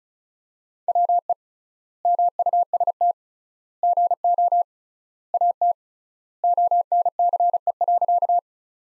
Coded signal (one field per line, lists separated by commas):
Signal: Morse code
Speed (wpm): 36 wpm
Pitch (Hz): 700 Hz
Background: none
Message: WE MUST GO AT ONCE.